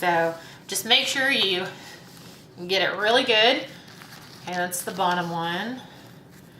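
Someone talks while pressing shut the bottom zip-lock closure strip of a Trendy Digital plastic waterproof tablet case, making sure it is sealed before the tablet goes into water. Under the talking there are only faint soft squishing sounds of handling. The clip ends before the seal goes home, and nothing has clicked shut yet.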